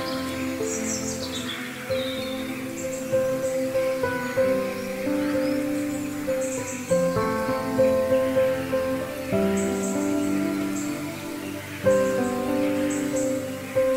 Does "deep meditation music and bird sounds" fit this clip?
yes